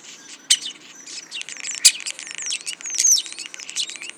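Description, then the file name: Common starling song: a dense jumble of high whistles, clicks and rattles with sharp sliding notes and occasional loud snaps. "Spreeuw"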